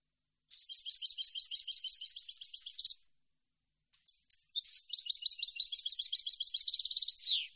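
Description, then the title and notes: European goldfinch song in two long bursts of rapid, tinkling twitters and short trills, broken by a brief pause, ending on a quick buzzy downward sweep. Clean goldfinch song on a CD meant for copying in song training. "Cd Jilguero. Cd de canto de jilguero limpio para copia"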